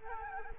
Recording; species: mosquito wingbeat signal from an infrared sensor; Culex quinquefasciatus